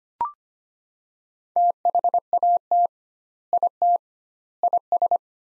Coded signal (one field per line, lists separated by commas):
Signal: Morse code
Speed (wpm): 25 wpm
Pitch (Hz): 700 Hz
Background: none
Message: THAT IT IS